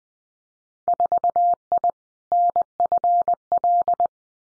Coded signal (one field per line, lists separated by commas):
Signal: Morse code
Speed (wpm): 20 wpm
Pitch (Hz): 700 Hz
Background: none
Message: 4I NFL